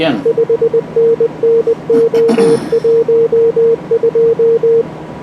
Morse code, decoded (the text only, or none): 5NN O12